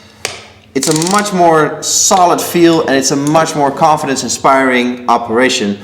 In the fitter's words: just releases and clicks back into place it's